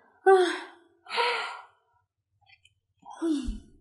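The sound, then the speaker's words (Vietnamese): A man yawns in three breathy bursts: a voiced, groaning opening, an airy exhale, and after a short pause a final drawn-out yawn sliding downward in pitch, with a soft click in the gap. “Sở Thiên Lỗi ngáp, nói xong cúp điện thoại.”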